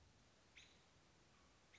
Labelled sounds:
American Robin (Turdus migratorius)

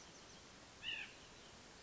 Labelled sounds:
White-breasted Nuthatch (Sitta carolinensis)

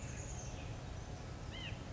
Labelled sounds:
White-breasted Nuthatch (Sitta carolinensis)

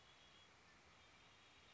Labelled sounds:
Red-winged Blackbird (Agelaius phoeniceus)

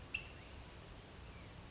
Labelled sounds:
California Towhee (Melozone crissalis)

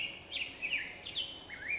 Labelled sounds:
Black-headed Grosbeak (Pheucticus melanocephalus)

